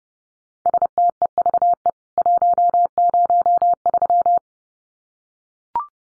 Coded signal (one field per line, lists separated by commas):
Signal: Morse code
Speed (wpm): 30 wpm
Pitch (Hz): 700 Hz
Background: none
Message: STEVE 103